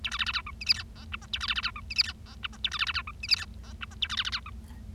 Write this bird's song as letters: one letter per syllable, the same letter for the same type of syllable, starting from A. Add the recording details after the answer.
A B C C D E F G H I J K A B C C D E F G H I J K A B C C D E F G H I J K A B C C D E. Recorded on 25 March 2012 at 12:36. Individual gy6or6